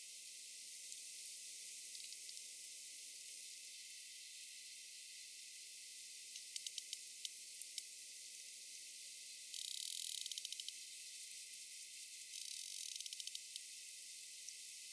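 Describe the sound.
Sperm whale clicks: a steady hiss broken by a few quick bursts of rapid clicks from the middle on.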